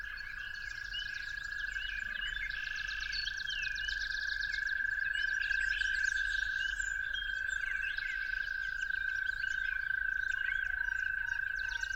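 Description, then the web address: Toad produces a steady, monotone trill lasting the whole time, backed by many overlapping bird songs with rapid repeated notes. Toads calling at dawn. "musicofnature Toads at Dawn"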